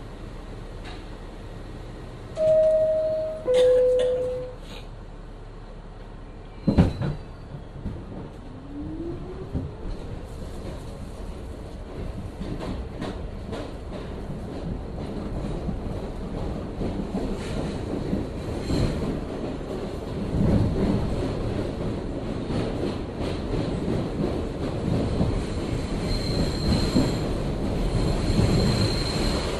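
A subway train ride between Clark Street and Atlantic Avenue in Brooklyn, opening with two short tonal chime notes near three seconds and a sharp bang around seven seconds. Then a steady low rumble builds and grows rougher, with thin squealing tones near the end.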